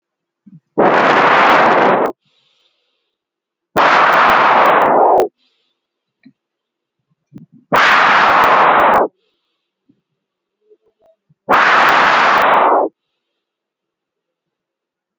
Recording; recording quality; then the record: deep breathing; excellent, no background noise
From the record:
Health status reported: healthy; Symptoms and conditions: none ticked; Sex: male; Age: 25 years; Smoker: not ticked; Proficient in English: yes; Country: India